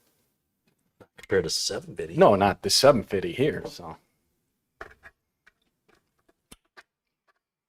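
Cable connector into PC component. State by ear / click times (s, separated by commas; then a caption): seated / 4.8 s. A cable connector is pushed home into a PC component during a build. Someone talks from about 1.0 to 4.0 s, then after a pause a sharp click at 4.8 s marks the connector seating, followed by a few faint taps. The connector is confirmed clicked in.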